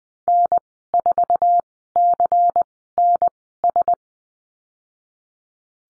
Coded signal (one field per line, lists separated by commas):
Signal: Morse code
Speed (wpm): 20 wpm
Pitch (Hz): 700 Hz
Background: none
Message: N4CNS